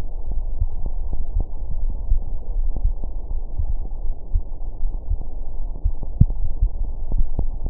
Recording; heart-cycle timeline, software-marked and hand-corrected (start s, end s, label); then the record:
heart sounds
not marked
From the record:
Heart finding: coronary artery disease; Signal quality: poor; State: rest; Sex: male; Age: 61 years